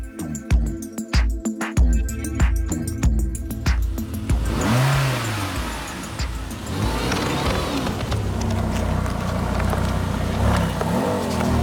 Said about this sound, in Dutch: is hier in zijn eigen raceauto gekomen.